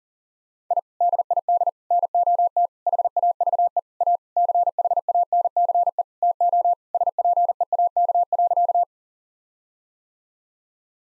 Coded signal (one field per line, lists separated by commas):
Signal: Morse code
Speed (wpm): 40 wpm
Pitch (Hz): 700 Hz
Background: none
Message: I DID NOT HAVE A CHANCE TO SPEAK.